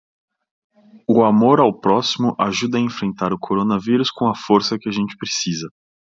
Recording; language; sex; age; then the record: spoken sentence; Brazilian Portuguese; male; 30 to 39 years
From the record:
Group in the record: control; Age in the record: 33 years